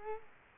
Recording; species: mosquito wingbeat signal from an infrared sensor; Culex quinquefasciatus